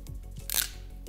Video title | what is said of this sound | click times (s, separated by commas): How to Properly Use MC4 Connectors for Solar Panels - Step-by-Step Guide | kind of take take it all the way in until it clicks and you can't go any farther | 0.6 s